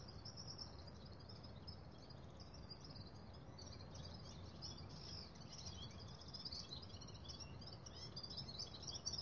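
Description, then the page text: Red-fronted serin singing a fast, high-pitched tinkling twitter that runs without pause throughout, with steady low-frequency rumble underneath. Recorded in Ladakh. "red fronted serin – Birds of Ladakh"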